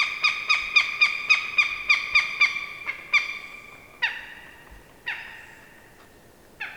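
Bird calling with a quick series of about ten nasal, evenly spaced notes, followed by several slower, drawn-out single calls.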